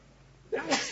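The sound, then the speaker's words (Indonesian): A single sharp sneeze bursts out after a brief quiet moment, a quick inhaled catch followed by a bright, noisy expulsion that lingers briefly. “Alhamdulillah.”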